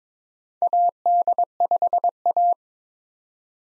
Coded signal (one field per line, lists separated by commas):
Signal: Morse code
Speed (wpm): 21 wpm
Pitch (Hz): 700 Hz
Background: none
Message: AD5A